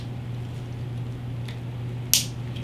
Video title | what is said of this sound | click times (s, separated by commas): How To Install 12 Inch Handlebars 2022 Street Glide Special | it is here to snap it's on okay so if you got grips this is the time to do grips | 2.1 s